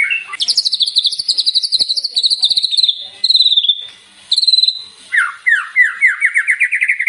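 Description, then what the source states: White-rumped shama song, high buzzy trills broken into phrases, ending in a series of rising whistled notes repeated in quick succession. Lure recording used to make the bird sing in response.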